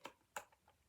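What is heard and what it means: The snap lid of a small food box that holds 44 grams is pressed closed. Two sharp clicks sound at 0.1 and 0.4 seconds, followed by a few fainter ticks. The lid clicks shut and stays in place.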